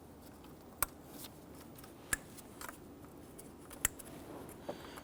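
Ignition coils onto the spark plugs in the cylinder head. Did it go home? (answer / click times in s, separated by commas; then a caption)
yes / 0.8 s, 2.1 s, 3.8 s. Passenger-side ignition coils on a 2011-2021 Jeep Grand Cherokee 3.6L V6 are lined up and pushed onto the spark plugs in the cylinder head. Three sharp clicks at 0.8, 2.1 and 3.8 seconds stand out over a quiet background, with a few softer knocks between them. Each coil seats with its click.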